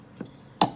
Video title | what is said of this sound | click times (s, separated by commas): 98-03 ram/cummins door chime removal | simple close it clicks into place | 0.6 s